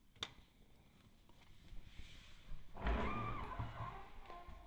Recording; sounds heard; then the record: poultry house recording; no chicken sound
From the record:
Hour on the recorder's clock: 12